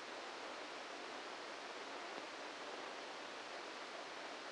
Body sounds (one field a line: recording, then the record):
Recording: brain microelectrode recording played as sound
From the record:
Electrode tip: inside the subthalamic nucleus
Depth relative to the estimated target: -2 mm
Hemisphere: left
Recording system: NeuroSet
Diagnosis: Parkinson's disease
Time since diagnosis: 14 years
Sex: male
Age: 51 years